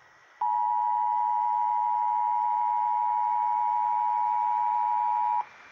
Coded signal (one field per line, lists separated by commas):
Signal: Emergency Alert System (SAME) tones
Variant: 853 and 960 Hz attention tone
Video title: EAS 505 TOR NWS Blacksburg